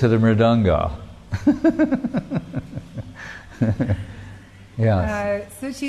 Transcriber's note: laughing